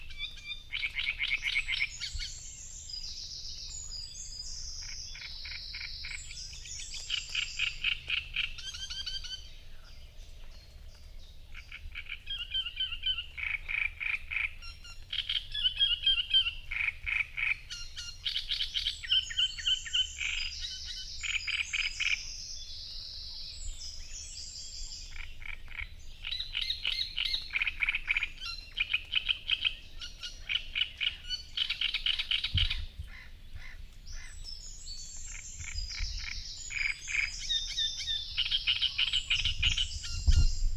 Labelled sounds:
Great Reed Warbler song
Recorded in the wild
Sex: male
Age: adult
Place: Parsteinwerder, Parsteiner See, Brandenburg, DE
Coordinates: 52.9547, 13.975
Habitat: reed
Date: 2007-06-06 05:04
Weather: overcast, ca. 15°C, no wind
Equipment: Sound Devices 702, Sennheiser MKH 416 T, Windkorb
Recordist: Frommolt, Karl-Heinz

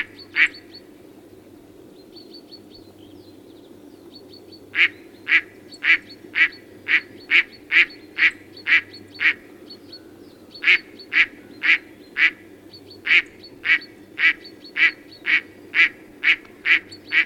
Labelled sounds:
Mallard call
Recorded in the wild
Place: Schwerin, Mecklenburg-Vorpommern, DE
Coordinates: 53.6, 11.435
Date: 1984-04-22
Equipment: Nagra III BH, Sennheiser MD 21, parabola
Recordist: Schubert, Michael

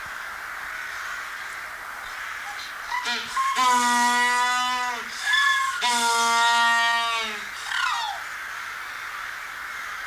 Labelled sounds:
Humboldt Penguin call
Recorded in captivity
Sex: diverse
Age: adult
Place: Tiergarten Schönbrunn, Wien, AT
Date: 1999-11-10 17:00
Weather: bedeckt, ca. 5°C
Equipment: Sony WM-D6C, Sennheiser ME 80, Kopie Uher 4000 Report Monitor
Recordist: Tembrock, Günter

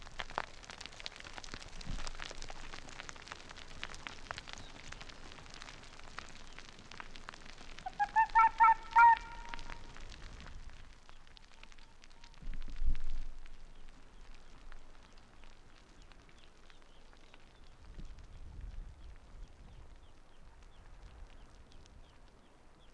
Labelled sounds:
Arctic Fox
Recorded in the wild
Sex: male
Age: adult
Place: Insel Mednyi, Kommandeur-Inseln, RU
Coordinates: 54.5167, 168.083
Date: 1999-07-15 18:02
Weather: Nebel, 7°C, schwacher Nordwind
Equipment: Sony WM-D6C, Sennheiser ME 80, K 30 AV, Windkorb, Kopie Tascam DA 30
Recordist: Jakupi, Antje

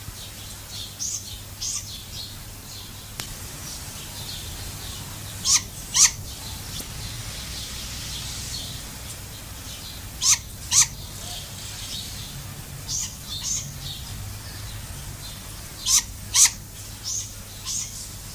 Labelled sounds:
Great Grey Owl call
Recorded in captivity
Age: juvenile
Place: Zoo Berlin, Berlin, DE
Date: 2008-08-12 17:25
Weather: bedeckt, ca. 23°C
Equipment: Sony WM-D6C, Sennheiser ME 80, Kopie Uher 4000 Report Monitor
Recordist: Tembrock, Günter

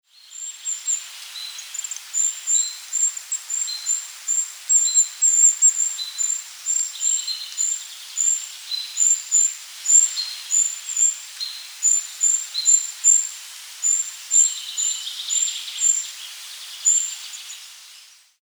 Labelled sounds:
Common Firecrest
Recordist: Tembrock, Günter
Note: Rufe

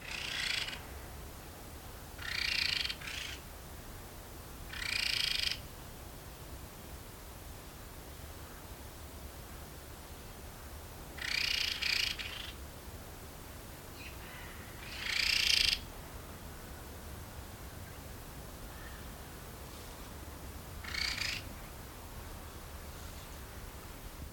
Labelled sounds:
Red-tailed Laughingthrush call
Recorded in captivity
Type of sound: call, call sequence
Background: Syrmaticus soemmerringi
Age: adult
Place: Tierpark Berlin, Berlin, DE
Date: 1993-12-18 11:05
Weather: bedeckt, 2 °C
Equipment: Marantz CP 430, Sennheiser MKH 416 T, Kopie Uher Variocord 263
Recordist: Tembrock, Günter
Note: Schnarrende Lautfolgen

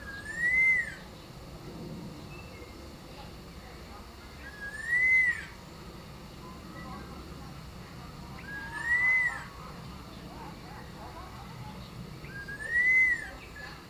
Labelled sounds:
Red-tailed Laughingthrush call
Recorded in captivity
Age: adult
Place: Zoo Berlin, Berlin, DE
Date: 1997-08-19 11:50
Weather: fair, 26-28°C
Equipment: Marantz CP 130, Mikro CE, Kopie Uher 4000 Report Monitor
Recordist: Tembrock, Günter
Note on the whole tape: Laute

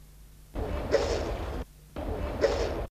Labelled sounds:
Black Vulture call
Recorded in captivity
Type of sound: call
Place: Zoo Antwerpen, Flandern, BE
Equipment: Halbspur, 9,5 cm/s
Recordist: Lütgens, Hans
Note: Erregt beim Abflug

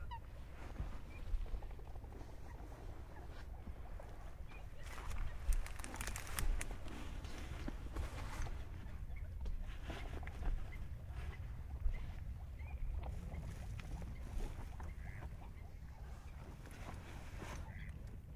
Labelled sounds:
Moor Frog call
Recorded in the wild
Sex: male
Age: adult
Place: Kützerhof, Kummerower See, Mecklenburg-Vorpommern, DE
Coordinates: 53.8497, 12.8825
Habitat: wetland
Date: 2010-04-13 21:35
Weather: klare Nacht, 8°C, windstill, Wassertemperatur 9,8°C
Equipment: Sound Devices 702, zwei Sennheiser MKH 40, Rycote Windschutz
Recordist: Frommolt, Karl-Heinz

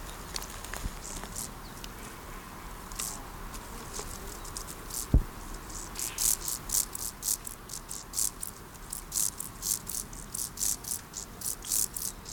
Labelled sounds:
Field Grasshopper
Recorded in the wild
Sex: male
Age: imago
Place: Blankenfelde, Berlin, DE
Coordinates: 52.63, 13.4
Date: 1991-10-06 12:51
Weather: sonnig, Schatten: 25,3°C, Sonne: 30,4°C
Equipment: Marantz CP 430, Sennheiser ME 80, K 30 AV, Kopie Tesla B 116
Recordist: Tembrock, Günter
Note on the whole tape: Respondieren (Männchen - Männchen) und normal

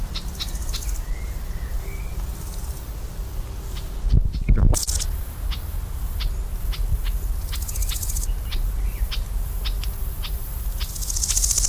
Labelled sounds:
Large Gold Grasshopper stridulation
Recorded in the wild
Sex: male
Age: imago
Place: Mühlenbecker Teiche, Tegeler Fließ, Berlin, DE
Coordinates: 52.6458, 13.3956
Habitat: pond
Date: 1992-06-21 12:32
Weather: sunny, 19-26 °C, strengthening winds
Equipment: Marantz CP 430, Sennheiser ME 80, Kopie Tesla B 116
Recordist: Tembrock, Günter
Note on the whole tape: Fließteiche bei Mühlenbeck: Stridulation

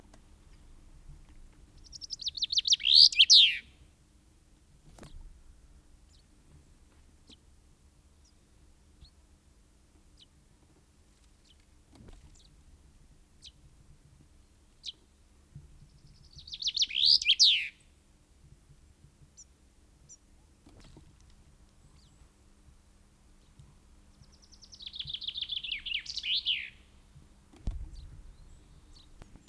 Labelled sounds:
Common Chaffinch song
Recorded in the wild
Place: Garmisch-Partenkirchen, Bayern, DE
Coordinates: 47.46, 11.1806
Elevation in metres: 1004
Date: 1969-04-11
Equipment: Uher 4000, Sennheiser MKH 405
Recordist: Tretzel, Erwin

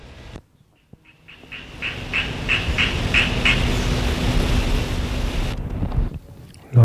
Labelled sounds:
Common Tree Frog call
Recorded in the wild
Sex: male
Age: adult
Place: Putbus, Insel Rügen, Mecklenburg-Vorpommern, DE
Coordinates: 54.3508, 13.4722
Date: 1964-09-06 11:53
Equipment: Magnetophon 300, Transistorverstärker, Sennheiser MD 421, Kopie Smaragd
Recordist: Tembrock, Günter

